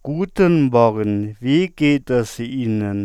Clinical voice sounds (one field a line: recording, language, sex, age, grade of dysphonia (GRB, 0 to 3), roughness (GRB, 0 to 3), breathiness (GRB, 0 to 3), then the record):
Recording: spoken sentence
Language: German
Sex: male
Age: 30 to 39 years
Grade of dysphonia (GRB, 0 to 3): 0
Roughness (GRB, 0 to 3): 0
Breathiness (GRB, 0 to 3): 0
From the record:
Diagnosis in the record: central laryngeal movement disorder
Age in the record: 38 years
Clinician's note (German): Krankheitsbeginn mit Bild der zerebellären Ataxie